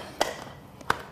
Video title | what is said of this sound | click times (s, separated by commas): TOP 7 Amazing Christmas Gifts UNDER $20 You Can Buy NOW | just do a few more unlock | 0.2 s, 0.9 s